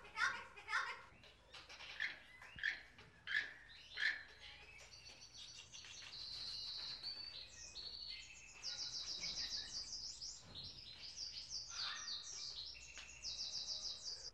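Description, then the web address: Parrot calls: several loud chirps in the first four seconds, then a steady run of buzzy, chattering high notes to the end. "попугай"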